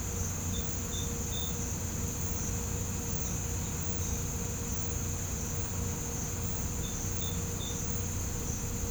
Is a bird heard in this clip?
no